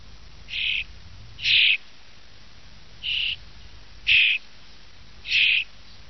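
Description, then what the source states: Common starling calls: five short harsh, noisy notes spaced unevenly about a second apart over a quiet background. Starling song used as a lure in Italian traditional bird-catching (uccellagione).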